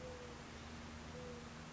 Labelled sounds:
Mourning Dove
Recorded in Sonoma County, California

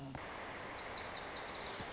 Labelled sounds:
Lazuli Bunting
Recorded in Sonoma County, California

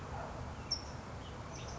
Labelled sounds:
California Towhee
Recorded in Sonoma County, California

